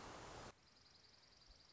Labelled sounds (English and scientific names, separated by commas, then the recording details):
Dark-eyed Junco (Junco hyemalis)
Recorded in Sonoma County, California